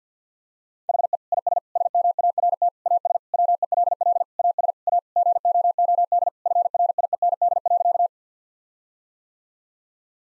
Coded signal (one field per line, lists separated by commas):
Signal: Morse code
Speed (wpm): 50 wpm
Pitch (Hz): 700 Hz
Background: none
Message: HE IS SMART AS WELL AS A GOOD FRIEND.